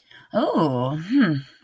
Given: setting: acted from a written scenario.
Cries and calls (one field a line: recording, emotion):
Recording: vocal sound without words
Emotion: interest